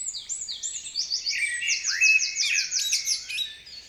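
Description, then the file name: Common blackbird giving a quick run of many high, sharp, downslurred notes, with faint bird chatter behind. "Turdus merula"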